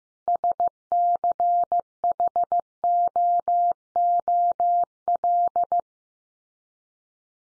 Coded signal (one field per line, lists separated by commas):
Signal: Morse code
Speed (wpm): 15 wpm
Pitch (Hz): 700 Hz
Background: none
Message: SCHOOL